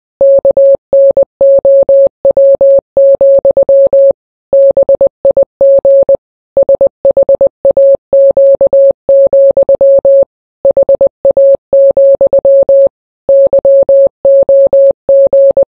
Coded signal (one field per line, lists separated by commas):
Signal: Morse code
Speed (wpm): 20 wpm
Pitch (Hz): 550 Hz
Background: none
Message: KNOW, BIG SHAQ, HA, YOG